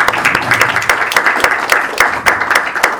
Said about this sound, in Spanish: Por favor, lo recibimos con un bote de aplauso.